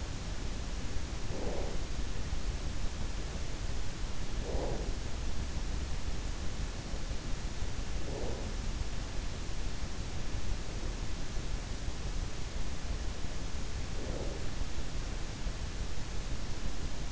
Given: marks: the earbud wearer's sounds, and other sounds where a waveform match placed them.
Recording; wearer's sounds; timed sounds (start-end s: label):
sounds in sleep by an in-ear microphone; breath
1.06-2.17 s: breath
4.76-5.65 s: breath
7.69-8.87 s: breath
13.69-14.76 s: breath